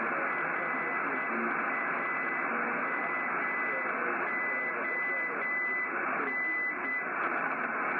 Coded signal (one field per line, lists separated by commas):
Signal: Morse code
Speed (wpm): 8 wpm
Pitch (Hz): 2000 Hz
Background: speech, radio noise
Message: RAMON